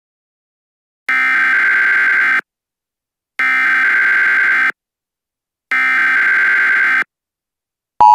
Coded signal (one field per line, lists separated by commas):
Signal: Emergency Alert System (SAME) tones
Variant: header bursts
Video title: Severe thunderstorm warning (EAS MOCK #2